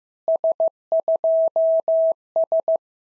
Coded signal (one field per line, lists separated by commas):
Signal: Morse code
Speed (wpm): 14 wpm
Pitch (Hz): 650 Hz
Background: none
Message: S2S